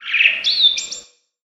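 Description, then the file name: Bird giving a single bright chirping call, a buzzy lower phrase rising into a higher whistled note, lasting about one second, with a quiet background. "Peaceful Bird"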